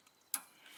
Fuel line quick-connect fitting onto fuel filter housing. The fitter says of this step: Boom, on, right? Or maybe we say click, it's on.